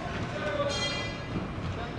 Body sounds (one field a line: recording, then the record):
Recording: background sound without coughing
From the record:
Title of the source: 30 MINUTES Construction Site Ambience (CC BY 4.0)